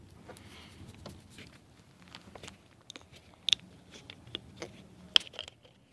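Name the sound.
rain falling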